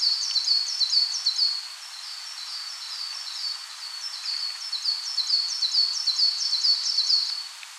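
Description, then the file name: Coal tit singing continuously, a steady stream of high, see-sawing two-note phrases repeated rapidly. "Parus ater"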